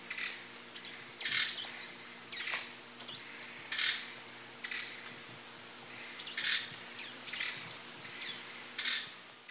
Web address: Natures Songs S America Eastern Lowlands Dacnis cayana, calls and song group